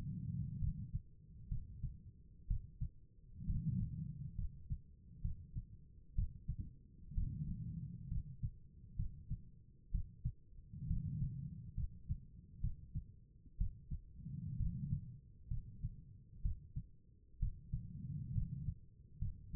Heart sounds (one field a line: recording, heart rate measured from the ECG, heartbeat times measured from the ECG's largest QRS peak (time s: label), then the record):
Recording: heart sounds by stethoscope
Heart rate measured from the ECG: 65 bpm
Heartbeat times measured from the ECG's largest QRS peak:
0.59 s: heartbeat
1.49 s: heartbeat
2.48 s: heartbeat
3.46 s: heartbeat
4.36 s: heartbeat
5.22 s: heartbeat
6.15 s: heartbeat
7.14 s: heartbeat
8.09 s: heartbeat
8.96 s: heartbeat
9.91 s: heartbeat
10.87 s: heartbeat
11.75 s: heartbeat
12.61 s: heartbeat
13.58 s: heartbeat
14.57 s: heartbeat
15.48 s: heartbeat
16.42 s: heartbeat
17.39 s: heartbeat
18.33 s: heartbeat
19.19 s: heartbeat
From the record:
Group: healthy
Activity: rest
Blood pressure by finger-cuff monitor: 99/63 mmHg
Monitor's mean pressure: 74 mmHg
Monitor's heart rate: 64 bpm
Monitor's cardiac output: 4.9 L/min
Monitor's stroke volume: 76 mL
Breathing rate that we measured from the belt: 17 breaths a minute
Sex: female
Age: 36 years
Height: 163 cm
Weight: 88 kg